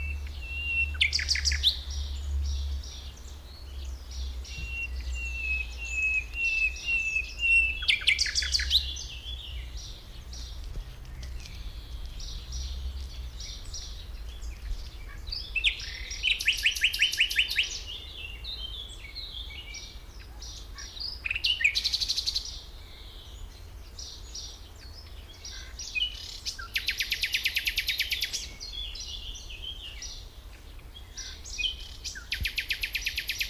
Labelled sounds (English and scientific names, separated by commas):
Common Nightingale (Luscinia megarhynchos) song